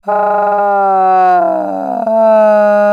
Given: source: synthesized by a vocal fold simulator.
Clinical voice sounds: sustained vowel; female; asymmetry, level 37 of 51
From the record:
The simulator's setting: 4.60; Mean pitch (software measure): 186 Hz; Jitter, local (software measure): 0.77%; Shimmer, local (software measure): 3.6%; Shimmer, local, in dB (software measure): 0.51 dB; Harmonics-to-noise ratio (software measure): 23.1 dB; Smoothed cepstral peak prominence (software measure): 15.6 dB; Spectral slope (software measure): -23.0 dB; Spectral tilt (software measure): -12.7 dB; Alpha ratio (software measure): -13.5 dB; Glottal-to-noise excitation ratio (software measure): 0.899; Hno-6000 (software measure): 2.7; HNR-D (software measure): 31.3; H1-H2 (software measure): -0.2 dB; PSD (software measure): 1.6e-03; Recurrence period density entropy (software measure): 0.121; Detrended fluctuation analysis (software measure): 0.0232

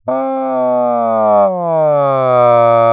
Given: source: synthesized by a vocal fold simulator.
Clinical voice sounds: sustained vowel; male; asymmetry, level 44 of 51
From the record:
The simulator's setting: 5.30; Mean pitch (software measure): 127 Hz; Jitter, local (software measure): 0.29%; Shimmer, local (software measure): 1.9%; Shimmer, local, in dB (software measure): 0.17 dB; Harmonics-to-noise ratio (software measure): 28.3 dB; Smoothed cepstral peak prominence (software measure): 22.8 dB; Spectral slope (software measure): -19.1 dB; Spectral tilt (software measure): -13.0 dB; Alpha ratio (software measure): -9.6 dB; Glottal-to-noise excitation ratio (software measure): 0.957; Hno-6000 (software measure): 2.8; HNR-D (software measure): 26.0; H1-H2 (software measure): -6.3 dB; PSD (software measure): 1.1e-03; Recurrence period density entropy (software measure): 0.113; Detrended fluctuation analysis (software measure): 0.0439

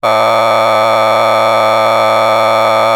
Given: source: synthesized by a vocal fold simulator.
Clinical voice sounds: sustained vowel; male; a random mix of aspiration noise, stiffness perturbation and strain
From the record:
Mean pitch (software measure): 110 Hz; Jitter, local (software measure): 2.82%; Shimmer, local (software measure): 3.1%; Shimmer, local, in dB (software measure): 0.26 dB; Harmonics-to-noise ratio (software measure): 7.5 dB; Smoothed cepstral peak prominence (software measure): 13.8 dB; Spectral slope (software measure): -12.9 dB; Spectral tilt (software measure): -9.9 dB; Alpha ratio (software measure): -3.3 dB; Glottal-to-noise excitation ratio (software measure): 0.979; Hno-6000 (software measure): 1.8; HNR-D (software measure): 20.9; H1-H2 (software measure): 0.5 dB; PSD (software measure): 2.2e-04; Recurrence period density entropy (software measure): 0.127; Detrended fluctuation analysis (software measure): 0.0318

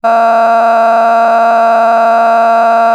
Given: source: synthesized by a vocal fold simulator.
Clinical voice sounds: sustained vowel; female; a random mix of aspiration noise, stiffness perturbation and strain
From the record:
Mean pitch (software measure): 229 Hz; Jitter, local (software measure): 1.88%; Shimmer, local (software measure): 5.5%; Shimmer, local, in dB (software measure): 0.49 dB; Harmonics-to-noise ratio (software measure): 15.5 dB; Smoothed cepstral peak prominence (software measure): 14.9 dB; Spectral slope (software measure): -18.8 dB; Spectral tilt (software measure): -10.8 dB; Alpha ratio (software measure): -9.3 dB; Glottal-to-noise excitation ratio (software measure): 0.961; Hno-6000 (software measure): 2.1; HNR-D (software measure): 34.7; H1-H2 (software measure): -1.1 dB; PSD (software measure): 7.6e-05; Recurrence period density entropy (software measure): 0.118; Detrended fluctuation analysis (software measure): 0.0116

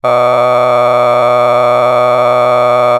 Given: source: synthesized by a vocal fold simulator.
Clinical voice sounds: sustained vowel; male; a random mix of aspiration noise, stiffness perturbation and strain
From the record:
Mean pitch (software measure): 123 Hz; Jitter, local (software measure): 2.02%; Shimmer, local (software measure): 8.3%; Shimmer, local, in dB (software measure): 0.71 dB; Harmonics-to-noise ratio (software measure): 12.1 dB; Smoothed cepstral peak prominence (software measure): 17.8 dB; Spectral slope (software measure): -14.9 dB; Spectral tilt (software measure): -11.0 dB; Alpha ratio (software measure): -5.4 dB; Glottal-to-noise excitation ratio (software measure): 0.989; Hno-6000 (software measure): 2.0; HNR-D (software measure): 25.0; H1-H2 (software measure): 1.8 dB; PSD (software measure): 1.6e-04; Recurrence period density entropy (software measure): 0.111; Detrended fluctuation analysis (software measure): 0.0325

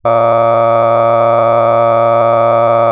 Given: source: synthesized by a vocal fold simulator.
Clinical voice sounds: sustained vowel; male; cycle-to-cycle stiffness perturbation (roughness), level 7 of 10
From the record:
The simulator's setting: 4.17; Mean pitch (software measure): 115 Hz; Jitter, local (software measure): 2.13%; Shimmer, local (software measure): 8.4%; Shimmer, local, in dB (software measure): 0.71 dB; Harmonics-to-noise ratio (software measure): 12.6 dB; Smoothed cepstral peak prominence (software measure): 18.4 dB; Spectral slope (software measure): -17.0 dB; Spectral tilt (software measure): -11.9 dB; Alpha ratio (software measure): -7.4 dB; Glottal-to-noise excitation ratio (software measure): 0.993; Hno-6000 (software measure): 2.4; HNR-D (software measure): 21.5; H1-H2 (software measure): 5.0 dB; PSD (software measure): 1.5e-04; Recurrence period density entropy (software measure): 0.105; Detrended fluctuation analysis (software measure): 0.0558

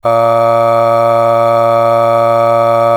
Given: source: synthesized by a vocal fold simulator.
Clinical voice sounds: sustained vowel; male; aspiration noise (breathiness), level 7 of 10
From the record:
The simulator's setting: 1.56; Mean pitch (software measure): 115 Hz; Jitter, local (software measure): 0.46%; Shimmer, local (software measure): 4.7%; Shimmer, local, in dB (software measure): 0.42 dB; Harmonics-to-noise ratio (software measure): 19.4 dB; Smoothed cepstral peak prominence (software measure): 16.7 dB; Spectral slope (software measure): -17.1 dB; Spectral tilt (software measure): -8.8 dB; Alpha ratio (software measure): -7.6 dB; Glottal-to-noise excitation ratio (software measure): 0.963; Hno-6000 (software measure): 2.1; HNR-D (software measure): 23.7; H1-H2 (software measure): 4.9 dB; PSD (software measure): 3.7e-05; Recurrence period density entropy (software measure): 0.108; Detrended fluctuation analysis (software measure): 0.0543

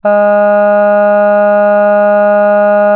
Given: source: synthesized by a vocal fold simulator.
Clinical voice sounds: sustained vowel; female; none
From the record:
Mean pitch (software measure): 206 Hz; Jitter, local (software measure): 0.18%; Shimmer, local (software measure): 1.4%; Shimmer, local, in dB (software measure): 0.12 dB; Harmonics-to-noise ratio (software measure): 31.7 dB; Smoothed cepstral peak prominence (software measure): 18.9 dB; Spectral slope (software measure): -21.9 dB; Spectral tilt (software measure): -8.6 dB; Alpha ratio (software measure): -12.4 dB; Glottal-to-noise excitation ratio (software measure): 0.977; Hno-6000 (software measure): 2.6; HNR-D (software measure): 39.1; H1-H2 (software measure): 8.7 dB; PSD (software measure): 1.5e-05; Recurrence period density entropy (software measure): 0.132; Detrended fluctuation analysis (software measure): 0.0274

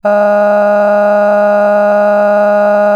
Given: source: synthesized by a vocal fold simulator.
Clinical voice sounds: sustained vowel; female; cycle-to-cycle stiffness perturbation (roughness), level 4 of 10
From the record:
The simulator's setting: 2.46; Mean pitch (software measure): 206 Hz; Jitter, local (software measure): 1.13%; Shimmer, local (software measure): 8.5%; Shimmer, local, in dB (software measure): 0.73 dB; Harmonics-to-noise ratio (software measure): 18.6 dB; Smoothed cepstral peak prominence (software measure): 17.2 dB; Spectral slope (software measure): -21.9 dB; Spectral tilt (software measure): -10.8 dB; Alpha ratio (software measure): -12.4 dB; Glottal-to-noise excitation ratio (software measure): 0.964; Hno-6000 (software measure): 2.4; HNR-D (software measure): 35.8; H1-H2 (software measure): 4.5 dB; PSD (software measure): 5.0e-05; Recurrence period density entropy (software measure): 0.121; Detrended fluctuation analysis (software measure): 0.0275

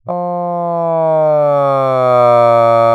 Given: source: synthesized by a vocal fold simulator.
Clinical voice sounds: sustained vowel; male; asymmetry, level 20 of 51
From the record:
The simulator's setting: 2.90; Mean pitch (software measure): 145 Hz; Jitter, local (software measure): 0.17%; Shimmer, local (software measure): 1.0%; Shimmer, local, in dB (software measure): 0.08 dB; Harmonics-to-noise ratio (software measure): 35.6 dB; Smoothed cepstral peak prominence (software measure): 24.2 dB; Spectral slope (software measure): -18.5 dB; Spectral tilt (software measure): -12.8 dB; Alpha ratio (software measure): -9.0 dB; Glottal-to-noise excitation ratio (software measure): 0.975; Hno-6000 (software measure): 2.8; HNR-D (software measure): 32.2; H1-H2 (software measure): 4.7 dB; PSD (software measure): 1.1e-03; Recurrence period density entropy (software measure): 0.109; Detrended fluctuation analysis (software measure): 0.0515

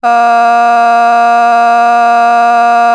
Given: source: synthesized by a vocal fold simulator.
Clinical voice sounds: sustained vowel; female; vocal strain, level 6 of 10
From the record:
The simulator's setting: 0.56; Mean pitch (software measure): 235 Hz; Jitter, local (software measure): 0.53%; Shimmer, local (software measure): 2.9%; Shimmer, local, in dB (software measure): 0.25 dB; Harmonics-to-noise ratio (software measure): 24.4 dB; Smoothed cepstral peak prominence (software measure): 20.7 dB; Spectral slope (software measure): -17.9 dB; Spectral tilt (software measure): -7.6 dB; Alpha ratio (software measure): -8.4 dB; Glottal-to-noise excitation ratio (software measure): 0.985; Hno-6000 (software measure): 1.9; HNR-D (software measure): 40.9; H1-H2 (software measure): -1.0 dB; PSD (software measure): 3.3e-05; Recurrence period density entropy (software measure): 0.117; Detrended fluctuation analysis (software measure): 0.0105

